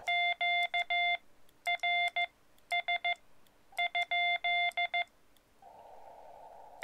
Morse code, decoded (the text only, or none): QRS ?